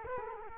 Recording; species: mosquito wingbeat signal from an infrared sensor; Culex quinquefasciatus